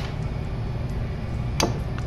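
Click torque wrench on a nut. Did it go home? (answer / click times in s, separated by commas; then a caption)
yes / 1.6 s. A TAGVIT 1/4-inch drive click torque wrench tightens a nut until its preset torque of four foot-pounds is reached, over a steady low background hum. A sharp click sounds at 1.6 s, followed by a fainter tick at about 2.0 s, confirming that the wrench has clicked at its setting.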